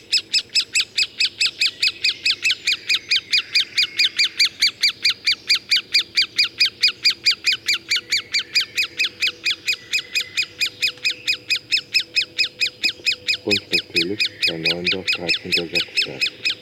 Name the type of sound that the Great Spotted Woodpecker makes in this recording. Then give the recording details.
call. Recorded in the wild. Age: juvenil. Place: Lütow, Insel Usedom, Mecklenburg-Vorpommern, DE. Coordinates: 54.032, 13.888. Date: 1975-06-13. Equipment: Nagra III BH, Sennheiser MD 21, parabola. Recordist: Schubert, Michael. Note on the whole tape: junger, fast flügger Buntspecht ruft aus der Höhle